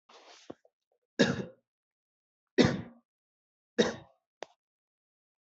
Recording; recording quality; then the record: heavy voluntary cough; excellent, no background noise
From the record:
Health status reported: healthy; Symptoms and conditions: none ticked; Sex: male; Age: 27 years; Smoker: not ticked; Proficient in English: yes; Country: India